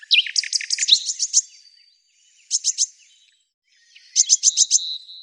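Eurasian blue tit scolding calls: three bursts of rapid, buzzy, high notes, the first and last long and the middle one short, with quiet gaps between them.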